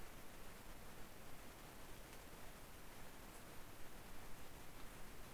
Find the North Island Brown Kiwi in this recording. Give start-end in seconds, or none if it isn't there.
none